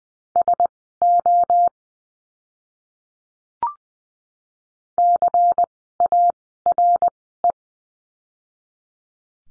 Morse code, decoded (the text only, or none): SO CARE